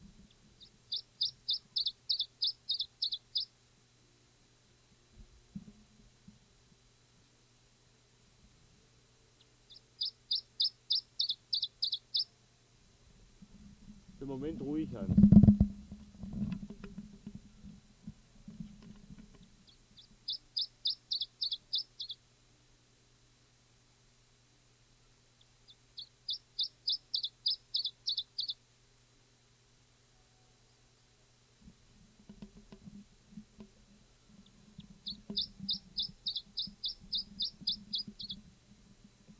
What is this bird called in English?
Iberian Chiffchaff